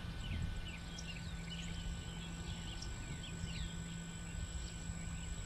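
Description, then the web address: Birds calling: many thin, scattered high chirps over a steady low rumble and a constant faint tone. Many birds recorded in Bexar County, Texas, on the morning of 19 March 2006. "bexar Many Birds 20060319 AM"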